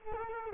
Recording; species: mosquito wingbeat signal from an infrared sensor; Culex quinquefasciatus